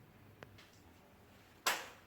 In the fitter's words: if you remember there are two cbers here we are going to press until hear the clicking sound ensure the middle frame is sited well on the base